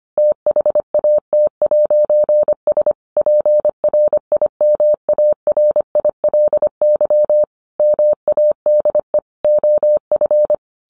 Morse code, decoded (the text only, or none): THAT'S PRIMARILY MADE OF